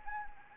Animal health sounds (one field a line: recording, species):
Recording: mosquito wingbeat signal from an infrared sensor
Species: Anopheles gambiae